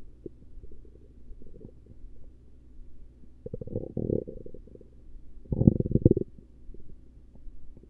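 Low, irregular gurgling bursts rise and fall, with two louder rumbling runs near the middle and end over a soft, steady low hum. These are ordinary stomach rumbling and gurgling bowel sounds from an adult abdomen.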